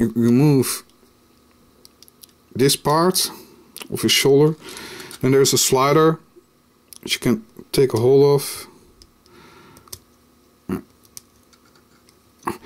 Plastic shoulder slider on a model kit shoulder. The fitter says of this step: doesn't really lock into place which is unfortunate